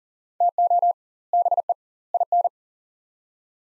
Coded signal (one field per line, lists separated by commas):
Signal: Morse code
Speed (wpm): 40 wpm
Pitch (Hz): 700 Hz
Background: none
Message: TO BE IN